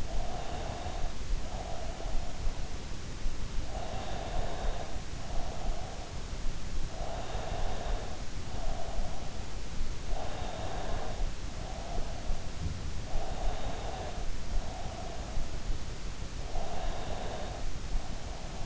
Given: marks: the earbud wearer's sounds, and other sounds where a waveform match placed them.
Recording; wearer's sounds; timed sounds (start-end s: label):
sounds in sleep by an in-ear microphone; breath
0.05-2.23 s: breath
3.54-5.88 s: breath
6.68-9.14 s: breath
10.11-12.33 s: breath
13.03-15.47 s: breath
16.45-18.66 s: breath